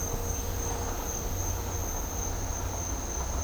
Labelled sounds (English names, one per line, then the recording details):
none
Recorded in dense forest near Puerto Asís, Putumayo, Colombia, on 22 December 2024 at 08:00
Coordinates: 0.503, -76.323
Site G043